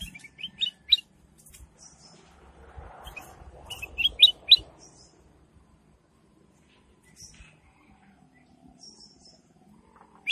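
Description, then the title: Sooty-headed bulbul repeating short, bright, gurgling phrases in several bursts, with quiet gaps between and a final phrase at the very end. "Suara Burung Kutilang"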